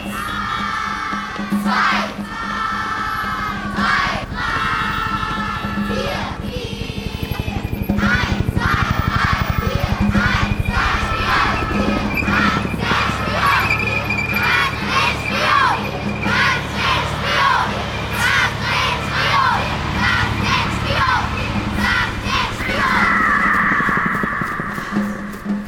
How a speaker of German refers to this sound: Und hier sieht man, wie die bunte, 550-köpfige Kinderschar ihn verfolgt und dabei ruhig und wohlerzogen jubelt.